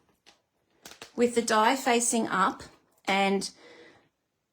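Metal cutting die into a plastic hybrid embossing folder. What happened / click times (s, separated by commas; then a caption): Handled, not yet home: the thin metal die is being set into the plastic folder, no lock click yet / none. A thin metal cutting die is handled face up at the die side of a plastic hybrid embossing folder, with a few faint soft handling taps near 0.3, 0.9 and 1.0 seconds while someone talks. The die has not yet locked into the folder; nothing has seated or clicked yet.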